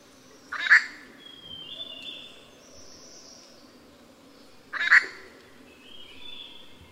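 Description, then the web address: Grey treepie producing two coarse, squawking notes about four seconds apart, with faint higher whistles between them against a constant hissing background. Recorded at Yushan. "樹鵲 Yushan"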